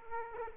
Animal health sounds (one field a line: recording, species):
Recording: mosquito wingbeat signal from an infrared sensor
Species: Aedes aegypti